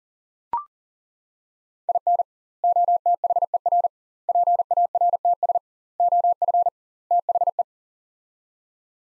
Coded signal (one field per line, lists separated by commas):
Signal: Morse code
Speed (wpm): 37 wpm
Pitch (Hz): 700 Hz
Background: none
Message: IN OTHER PARTS OF THE